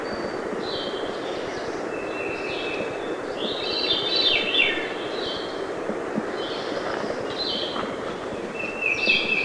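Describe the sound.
Veery giving a cascading, downward-spiralling phrase amid several thin whistles and short notes, with a steady hiss underneath.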